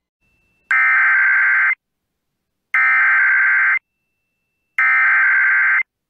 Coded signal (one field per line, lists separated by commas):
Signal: Emergency Alert System (SAME) tones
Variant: header bursts